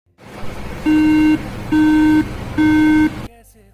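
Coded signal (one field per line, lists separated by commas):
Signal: beep code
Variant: Apple iMac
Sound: three identical buzzy half-second beeps, evenly spaced, over low background hum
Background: room noise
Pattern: 3 long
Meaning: Three beeps on an Apple Mac standardly indicate a RAM or memory failure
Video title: imac a1311 beep sound problem _ msi infotech _ #imac #shorts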